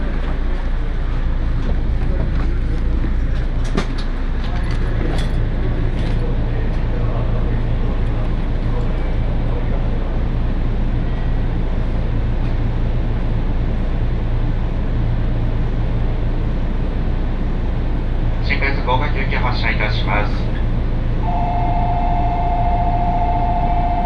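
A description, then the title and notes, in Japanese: Steady low rumble of a Tokaido Line train ride, with brief clicks near the start, a burst of bright squealing around 19 seconds, then a two-tone chime. 耳で楽しむ鉄道旅 東海道本線 熱田→名古屋→大垣。熱田から名古屋までは各駅停車に乗っていきますが、このあとのダイヤの都合上一旦名古屋から大垣までは新快速での移動にします。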